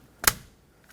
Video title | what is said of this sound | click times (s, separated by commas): How to Replace Combination Switch 2012-2017 Toyota Camry | it has three locking tabs that it clicks on now let's plug all these in a blue connector | 0.3 s